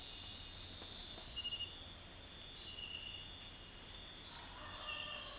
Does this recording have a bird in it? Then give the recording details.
no. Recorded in dense forest near Puerto Asís, Putumayo, Colombia, on 9 March 2025 at 05:30. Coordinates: 0.503, -76.323. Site GP09